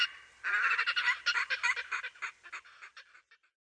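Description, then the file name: Red-necked grebe giving a harsh, nasal chatter of rapid braying notes, then breaking into shorter, fading bursts before ending. "perkozrdzawoszyi"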